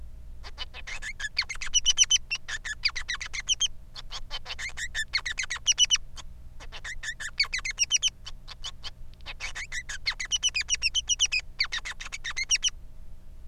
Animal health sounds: song of a male Bengalese finch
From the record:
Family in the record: son of father 3

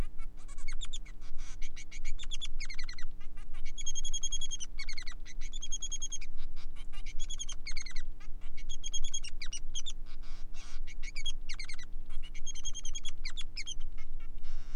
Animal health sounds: song of a male Bengalese finch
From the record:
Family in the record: son of father 3

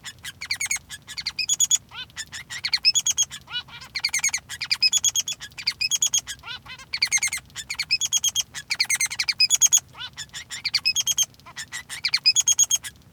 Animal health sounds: song of a male Bengalese finch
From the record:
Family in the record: son of father 3

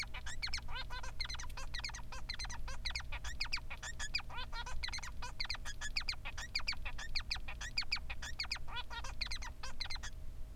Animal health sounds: song of a male Bengalese finch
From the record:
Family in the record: son of father 3

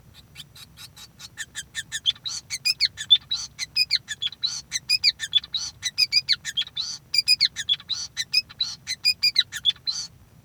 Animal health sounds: song of a male Bengalese finch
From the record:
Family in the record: son of father 5

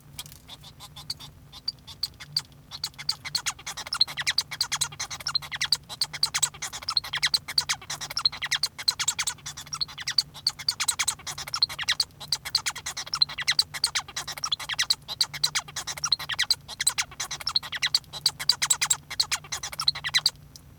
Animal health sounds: song of a male Bengalese finch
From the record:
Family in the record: son of father 1

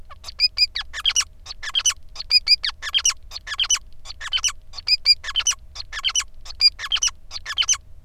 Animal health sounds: song of a male Bengalese finch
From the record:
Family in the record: son of father 5

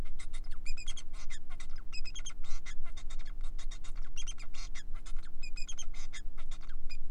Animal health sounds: song of a male Bengalese finch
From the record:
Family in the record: son of father 4

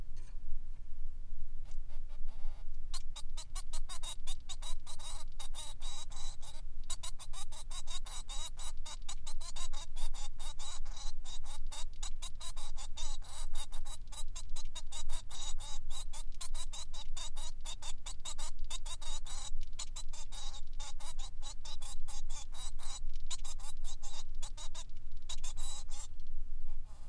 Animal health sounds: song of a male Bengalese finch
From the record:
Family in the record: son of father 3

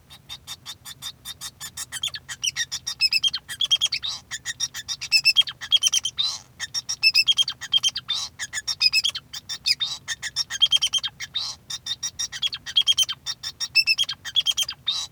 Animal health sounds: song of a male Bengalese finch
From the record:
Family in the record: son of father 2

